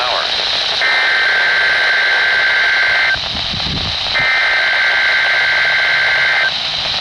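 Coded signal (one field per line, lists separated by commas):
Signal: Emergency Alert System (SAME) tones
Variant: header bursts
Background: speech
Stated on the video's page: Required weekly tests recorded outdoors in freezing weather.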